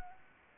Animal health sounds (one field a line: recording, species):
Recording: mosquito wingbeat signal from an infrared sensor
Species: Anopheles arabiensis